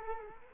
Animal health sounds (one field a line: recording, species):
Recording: mosquito wingbeat signal from an infrared sensor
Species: Culex quinquefasciatus